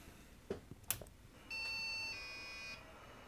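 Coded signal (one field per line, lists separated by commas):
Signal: beep code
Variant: Supersoft Landmark diagnostic ROM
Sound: a few clicks, then one long buzzy electronic beep that changes tone halfway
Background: handling clicks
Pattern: 1 long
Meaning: Keyboard error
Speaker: yeah still the keyboard error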